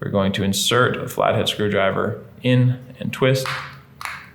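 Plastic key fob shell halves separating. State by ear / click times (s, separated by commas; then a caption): released / 4.0 s. Someone talks while a flathead screwdriver is inserted into the indentation at the top of a plastic key fob for a 2004–2007 Scion xB and twisted to open it for a CR2016 battery replacement. A short, sharp pop at 4.1 s marks the two plastic shell halves separating, and the case is released open.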